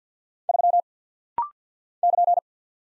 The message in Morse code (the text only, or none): 3 <KN>